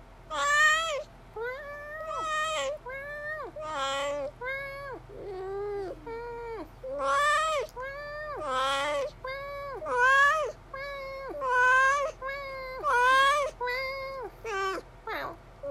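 A cat meows over and over, about once every second, each call a drawn-out, wavering cry that rises then falls. The meows come in a steady insistent run for the whole stretch, some louder and brighter than others, over a faint low hum.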